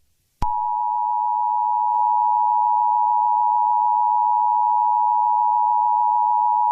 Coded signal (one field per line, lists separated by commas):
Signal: Emergency Alert System (SAME) tones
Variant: 853 and 960 Hz attention tone